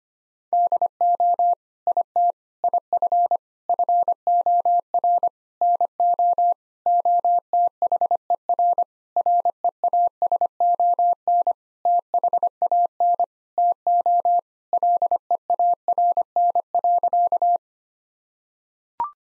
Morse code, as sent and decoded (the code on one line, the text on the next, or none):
-.. --- / .. - / .. ..-. / ..-. --- .-. / -. --- / --- - .... . .-. / .-. . .- ... --- -. / - .... .- -. / - --- / .-.. . .- .-. -. .-.-.-
DO IT IF FOR NO OTHER REASON THAN TO LEARN.